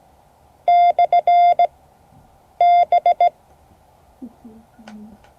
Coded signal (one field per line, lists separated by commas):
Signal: Morse code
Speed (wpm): 18 wpm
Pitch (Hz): 700 Hz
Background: none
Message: /B